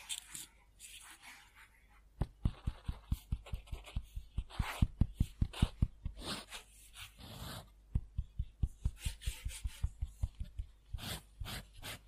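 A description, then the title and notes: Pen scribbling on paper, dry, with a faint, scattered start. From about two seconds, fast, regular back-and-forth strokes scratch at a steady clip, then give way to looser, irregular bursts of hissy scratching that continue to the end. Scribbling On Paper.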